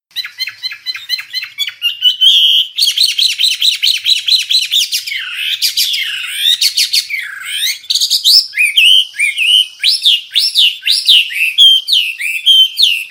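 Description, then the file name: Hwamei giving a vigorous, unbroken song of rapid repeated notes, sliding whistles and looping warbled phrases, energetic and varied throughout. "Burung Hwamei Wambi wambie. Gacor"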